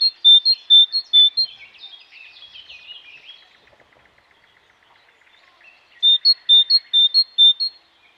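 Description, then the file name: Great tit giving clear see-saw song notes in quick succession, a short burst at the start and another near the end, with faint twittering between. "mesange charbonniere"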